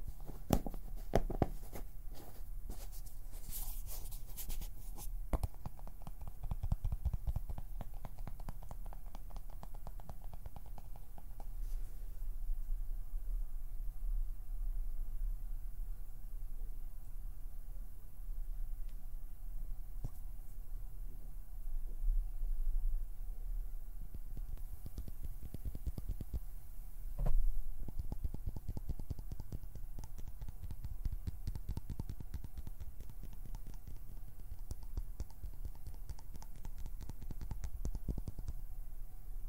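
Plucking and pinching sounds with quick finger fluttering, heard as scattered sharp clicks and taps over a low, steady rumble. The busiest flurry of bright snaps comes in the first five seconds, then ticks thin out, with a few firmer hits near 5, 20 and 27 seconds.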